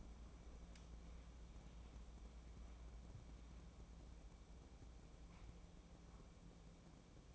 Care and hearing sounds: daily activity, microphone in the room; wipe stove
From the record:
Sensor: 1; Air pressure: 1012.3 hPa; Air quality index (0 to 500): 160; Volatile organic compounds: 2 ppm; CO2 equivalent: 1313 ppm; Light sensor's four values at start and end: 636/1439/648/753 and 638/1446/651/758

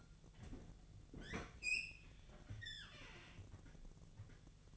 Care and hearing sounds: daily activity, microphone in the room; open fridge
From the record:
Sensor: 4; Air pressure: 1000.9 hPa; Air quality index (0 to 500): 132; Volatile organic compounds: 2 ppm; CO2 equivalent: 986 ppm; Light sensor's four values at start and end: 31/75/31/34 and 28/67/28/31

